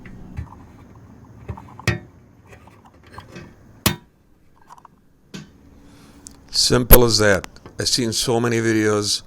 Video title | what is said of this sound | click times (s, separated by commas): Fix Toyota Fuel Door Spring | just stick it in place align it and push until it clicks simple | 1.9 s, 3.9 s